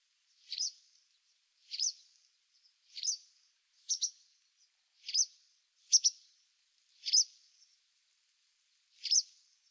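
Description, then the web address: White wagtail giving bright, high-pitched calls, mostly slurred notes with some quick doubled chips, spaced roughly every second over a quiet background. "cianscape birddata Deverinetal 2025"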